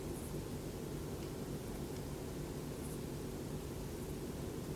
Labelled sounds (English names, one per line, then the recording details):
none
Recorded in France